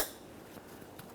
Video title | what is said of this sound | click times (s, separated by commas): How to Replace Windshield Washer Reservoir 2007-2013 Acura MDX | press it in listen for a click | 1.0 s